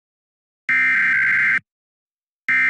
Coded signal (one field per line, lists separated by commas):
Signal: Emergency Alert System (SAME) tones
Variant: header bursts